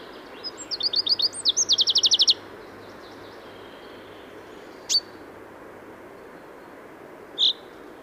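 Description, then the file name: Common chaffinch song: one rapid trill ending in a flourish, followed by two isolated short chirps, with constant low background noise. "Fringilla coelebs"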